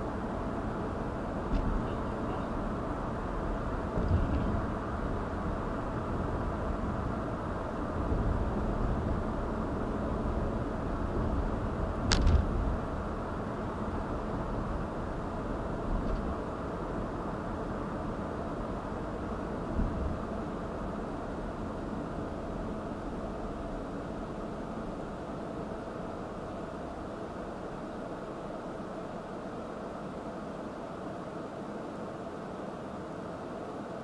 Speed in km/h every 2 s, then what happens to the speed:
71, 72, 72, 69, 68, 66, 64, 63, 60, 52, 40, 29, 18, 6, 0, 0, 0.
4-27 slows to 0. 27-34 standing.